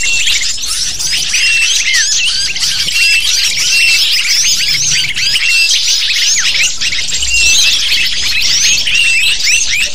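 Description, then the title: Dense lovebird chatter, high-pitched squeaks and chirps piling over one another without a break, loud and even throughout. Lure sound used to attract lovebirds. "PIKAT BURUNG LOVEBIRD"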